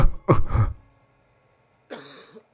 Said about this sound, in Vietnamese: Lão Kha ho lên một tràng dài, hơi thở khò khè như kéo nhị, như người hen suyễn